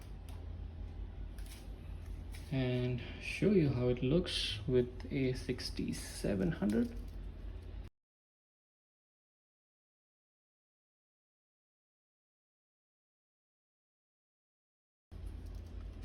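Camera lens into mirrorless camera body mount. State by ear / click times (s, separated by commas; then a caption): not seated / none. A Viltrox AF 13mm F1.4 APS-C prime lens is being handled and fitted, bayonet first, toward the E-mount of a Sony 6700 mirrorless camera body while someone talks. Soft handling taps come at about 0.3, 1.4 and 2.4 seconds, then the sound cuts to silence from about 7.9 to 15.1 seconds before low background noise returns. The lens has not yet seated or clicked into the mount.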